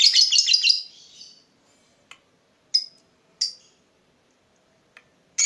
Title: Dari Gayanya Lovebird Ini Terlihat Pintar Sekali Memancing